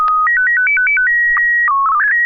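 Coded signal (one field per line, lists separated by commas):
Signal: SSTV (slow-scan television)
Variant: PD 120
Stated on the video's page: SSTV net on a 441.300 MHz FM repeater, 9 pm Wednesdays Pacific Time, using MMSSTV software.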